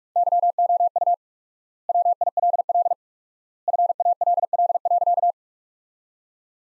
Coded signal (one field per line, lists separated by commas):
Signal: Morse code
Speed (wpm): 42 wpm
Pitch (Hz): 700 Hz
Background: none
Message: YOU WILL FALL.